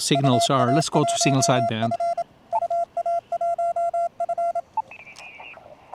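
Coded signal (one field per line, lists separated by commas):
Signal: Morse code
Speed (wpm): 27 wpm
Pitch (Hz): 680 Hz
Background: speech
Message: UA1F UA1F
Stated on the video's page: CW QSO on 20m at 10W QRP on battery from an Elecraft KX2 with an MC-750/JPC-12 portable vertical in the snow.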